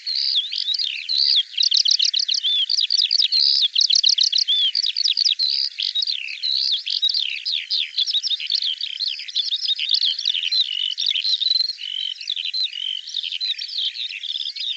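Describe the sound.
Bird song, a long, varied warble of rapid chirps, trills and slurs, continuing throughout.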